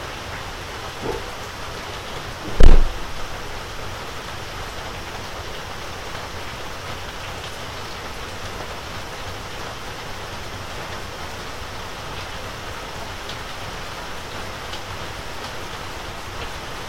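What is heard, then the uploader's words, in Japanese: Steady rain falls on an evening before a typhoon, an even hiss that holds level for the whole clip. A soft tap comes near one second, then a single sharp knock just before three seconds; afterward only the rain continues. 台風前の雨降りの夕方、軒下で乾かしていた人参のタネを落としています。手でしごき落とし、バラしていきます。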